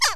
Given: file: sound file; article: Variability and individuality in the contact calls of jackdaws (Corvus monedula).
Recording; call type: jackdaw call; harmonic